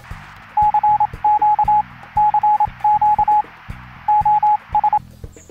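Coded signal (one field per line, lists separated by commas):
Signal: Morse code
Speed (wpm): 27 wpm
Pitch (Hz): 840 Hz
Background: radio noise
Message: CQ CQ OS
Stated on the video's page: Comedy sketch showing alternative communication methods in case the Telegram messenger is blocked.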